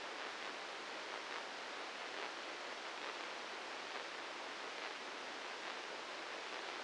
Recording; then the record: brain microelectrode recording played as sound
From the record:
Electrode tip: inside the subthalamic nucleus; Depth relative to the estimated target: -4 mm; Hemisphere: right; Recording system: NeuroSet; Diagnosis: Parkinson's disease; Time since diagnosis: 8 years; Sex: male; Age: 59 years